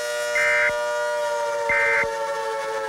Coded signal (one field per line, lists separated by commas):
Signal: Emergency Alert System (SAME) tones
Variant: end-of-message bursts